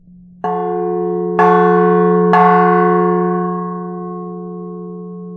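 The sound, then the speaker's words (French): A large, newly cast bell is struck three times at an even pace, each strike adding to a rich, sustained metallic ring with a steady low hum that slowly fades after the last blow. “Elle résonne bien, donc elle est plutôt bien réussie.”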